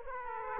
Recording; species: mosquito wingbeat signal from an infrared sensor; Aedes aegypti